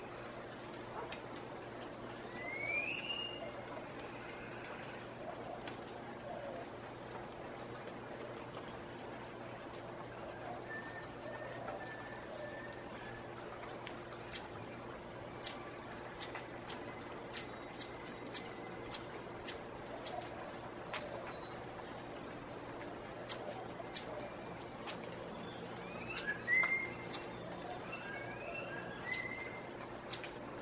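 Early morning on a balcony above the Placencia Sidewalk in Belize, with a steady low hum and soft scattered bird calls through the first half. From about fourteen seconds, a sharp repeated clicking or ticking sound starts, coming at a roughly regular pace to the end.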